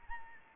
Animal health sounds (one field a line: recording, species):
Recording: mosquito wingbeat signal from an infrared sensor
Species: Anopheles arabiensis